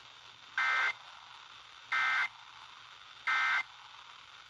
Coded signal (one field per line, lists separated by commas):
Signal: Emergency Alert System (SAME) tones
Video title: WSCL Required Weekly Test